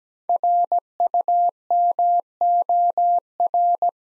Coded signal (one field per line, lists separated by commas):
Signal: Morse code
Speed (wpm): 17 wpm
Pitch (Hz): 700 Hz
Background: none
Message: RUMOR